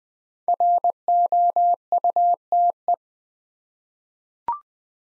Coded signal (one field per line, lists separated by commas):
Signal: Morse code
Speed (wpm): 20 wpm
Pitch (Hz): 700 Hz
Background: none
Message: ROUTE